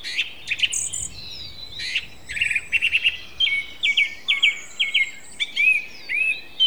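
Song thrush singing a bright note repeated several times, then a rising whistled phrase also repeated, with clicks between phrases.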